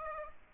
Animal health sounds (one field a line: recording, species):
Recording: mosquito wingbeat signal from an infrared sensor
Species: Aedes aegypti